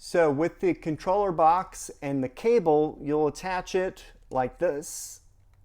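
A cable connector is handled at the plastic controller box, a Bluetooth transmitter, of an EVbase Wireless Display HUD for a Tesla Model 3 / Y, while someone talks throughout. The connector is not yet home: nothing has seated or clicked by the end of the clip.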